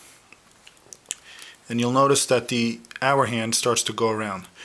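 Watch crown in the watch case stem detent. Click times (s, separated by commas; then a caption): 1.1 s. The winding crown of a Rolex GMT Master II wristwatch is pulled out to its first position against the stem detent in the watch case, with a few faint ticks before a sharp click at 1.1 s. Someone then talks from about 1.7 s on. The crown has popped out one click, and the hour hand starts to move.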